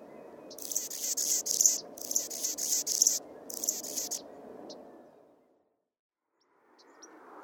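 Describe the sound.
Anna's hummingbird song: three scratchy, buzzy high-pitched bursts over about four seconds, with a steady low hum underneath, then a near-silent pause and the hum returning.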